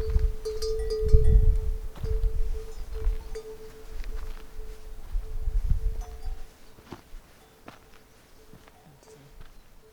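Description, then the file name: Pony hoofbeats, uneven low thuds and shuffling steps through the first six seconds, fading to quiet; a steady faint tone runs underneath. Pony herd in the early morning in Timang, Nepal. "Samuel Corwin. Early Morning Pony Herd in Timang Nepal"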